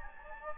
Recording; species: mosquito wingbeat signal from an infrared sensor; Anopheles gambiae